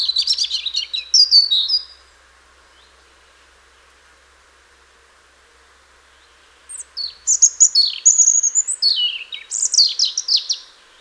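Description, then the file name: European robin song with a short warbled phrase, a pause of several seconds, then a longer burst of high sweet whistles and tumbling trills. "Erithacus rubecula"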